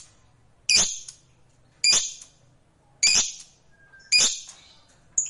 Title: Begitu Dengar Suara Lovebird FIGHTER NGEKEK PANJANG